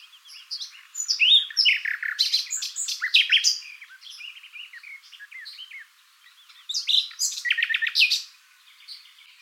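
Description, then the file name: Common nightingale delivering dense, varied song phrases of sharp chirps, scratchy notes and quick repeats, with a brief lull before another loud burst. "Luscinia megarhynchos"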